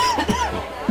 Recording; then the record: coughing mixed with background sound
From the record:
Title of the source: Dry Coughing Fit in the Afternoon.